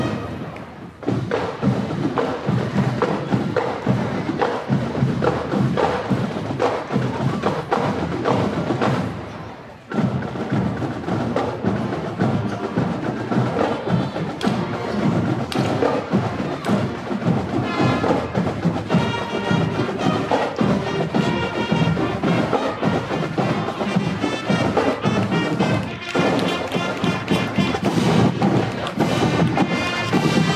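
A Memorial Day parade on College Ave in Downtown Appleton, with a dense, loud wash of crowd noise and music-like tones running throughout. Pitched notes stand out more clearly in the second half. A brief dip in loudness comes near ten seconds, with occasional thumps.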